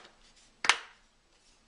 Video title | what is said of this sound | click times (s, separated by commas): tech-accessories iPad cases | click right from the front you can barely even tell you've got a case on it which is great | 0.6 s